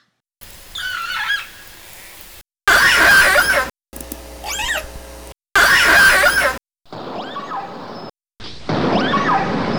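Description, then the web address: Orca calls: a series of separate segments with whistled, wavering and pulsed tones, some rising and falling, over a steady hiss, with short silent breaks between segments. "Learning Orca Calls"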